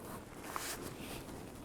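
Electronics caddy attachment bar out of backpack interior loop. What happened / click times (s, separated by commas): The clip bar popped free of its loop / 0.6 s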